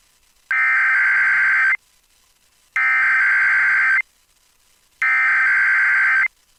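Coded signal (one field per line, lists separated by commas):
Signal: Emergency Alert System (SAME) tones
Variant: header bursts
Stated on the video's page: SAME tones on NOAA Weather Radio for mandatory evacuations and hurricane warnings from a hurricane in Florida.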